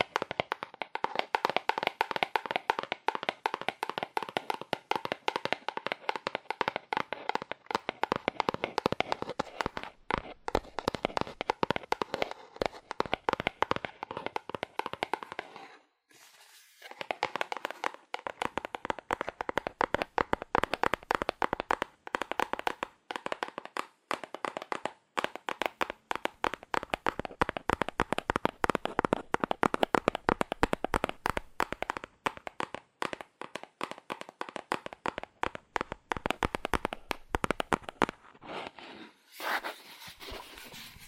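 Fast, aggressive tapping on cardboard in dense, rapid bursts of sharp knocks, with a brief pause near sixteen seconds and another near thirty-nine.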